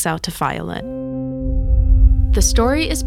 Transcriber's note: sound of distant bomb detonating